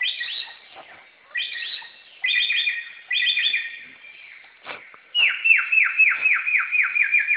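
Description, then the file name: Samyong song: separate bursts of quick chirping notes, followed by a rapid, even run of falling whistled notes. Recorded in forest. "suara burung samyong di hutan"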